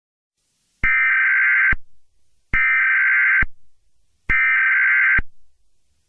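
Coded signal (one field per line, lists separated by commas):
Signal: Emergency Alert System (SAME) tones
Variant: header bursts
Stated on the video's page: Fictional EAS scenario, a cleaner remake of an earlier version.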